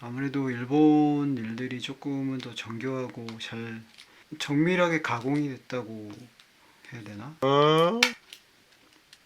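During reassembly of a Toyo Fishing Liger 30 baitcasting reel, a small screw in the reel's threaded hole keeps spinning freely without tightening because its thread is stripped and worn, leaving it broken. Someone talks for most of the clip, then a few brief sharp ticks sound near the end at about 8.3, 8.9 and 9.1 seconds. Nothing has seated or clicked into place.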